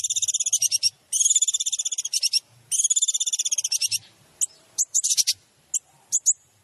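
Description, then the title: Long-tailed Shrike song: long, fast, buzzy rattling trills in bursts separated by short pauses, followed by scattered sharp high notes. Masteran training recording for any Long-tailed Shrike, said to be full of tembakan phrases. "MASTERAN CENDET FULL TEMBAKAN"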